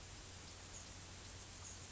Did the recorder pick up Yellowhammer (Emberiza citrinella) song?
no